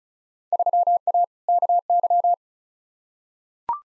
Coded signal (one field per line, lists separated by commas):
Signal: Morse code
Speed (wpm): 34 wpm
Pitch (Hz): 700 Hz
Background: none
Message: 3A KY